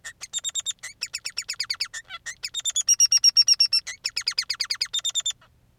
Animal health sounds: song of a male Bengalese finch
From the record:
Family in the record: son of father 3

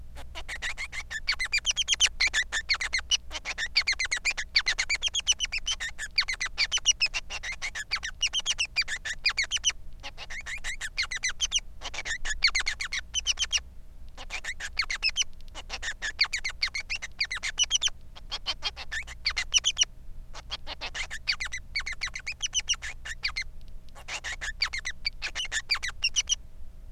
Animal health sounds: song of a male Bengalese finch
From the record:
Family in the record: son of father 3

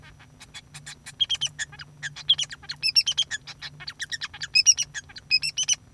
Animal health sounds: song of a male Bengalese finch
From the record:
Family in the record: son of father 2

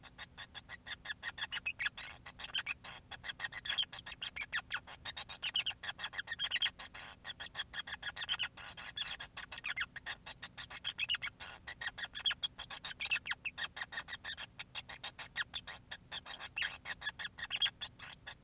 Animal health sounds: song of a male Bengalese finch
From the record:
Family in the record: son of father 5

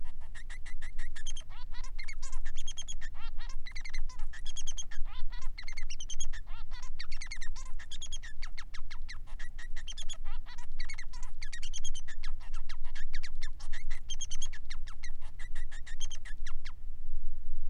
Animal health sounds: song of a male Bengalese finch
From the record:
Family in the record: son of father 3

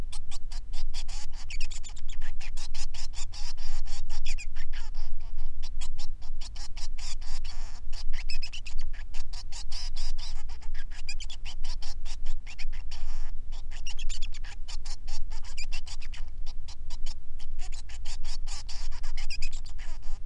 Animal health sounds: song of a male Bengalese finch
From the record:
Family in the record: son of father 3

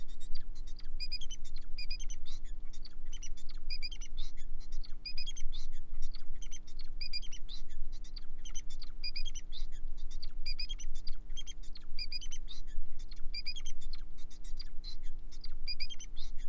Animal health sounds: song of a male Bengalese finch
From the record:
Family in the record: son of father 4

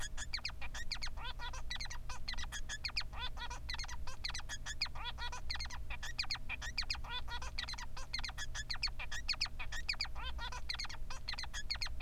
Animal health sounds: song of a male Bengalese finch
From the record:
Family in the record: son of father 3

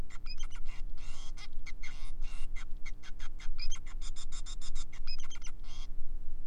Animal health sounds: song of a male Bengalese finch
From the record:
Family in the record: son of father 5

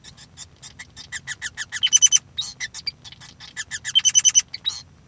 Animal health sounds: song of a male Bengalese finch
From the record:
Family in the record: son of father 5

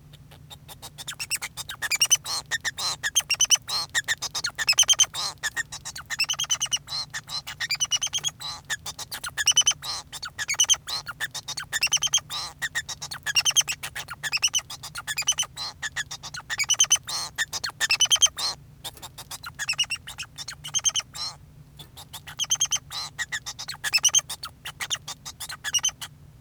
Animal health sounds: song of a male Bengalese finch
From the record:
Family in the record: son of father 2

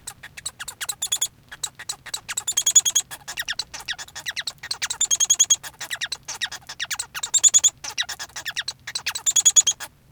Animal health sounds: song of a male Bengalese finch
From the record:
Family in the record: son of father 1

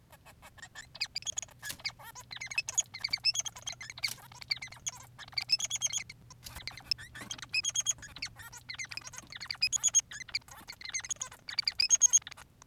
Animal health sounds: song of a male Bengalese finch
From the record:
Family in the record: son of father 3

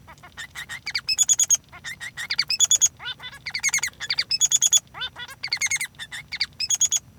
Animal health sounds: song of a male Bengalese finch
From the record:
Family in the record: son of father 3

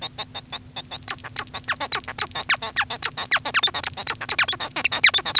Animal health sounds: song of a male Bengalese finch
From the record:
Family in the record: son of father 1

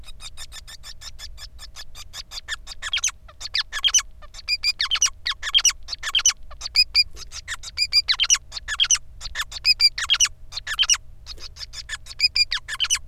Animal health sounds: song of a male Bengalese finch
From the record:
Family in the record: son of father 5

